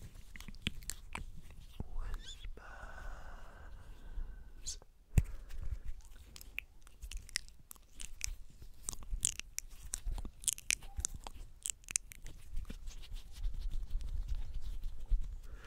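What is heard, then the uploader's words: Hand sounds: a busy run of dry taps, clicks and skin rustles. Around the third second a steady rubbing hiss sits for a moment, a sharp snap lands near five seconds, and irregular crackling fills the rest. ASMR The BEST Hand Sounds.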